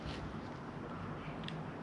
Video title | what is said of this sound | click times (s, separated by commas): How to: G35 Mirror Removal for Repair or Replacement | Here we go. Click. | 1.5 s